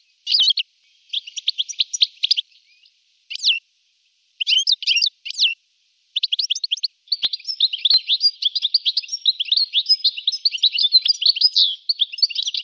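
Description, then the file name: European goldfinch twittering: quick, tinkling high notes in short bursts over the first seven seconds, then a near-continuous liquid twitter to the end. "carduelis carduelis"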